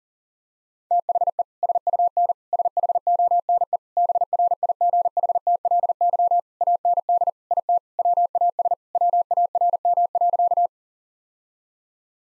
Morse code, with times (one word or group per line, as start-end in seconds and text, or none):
0.9-1.4 THE
1.6-2.3 SUN
2.5-3.8 SHONE
4.0-6.4 BRIGHTLY
6.6-7.3 AND
7.5-7.8 IT
8.0-8.7 WAS
8.9-10.7 WARM.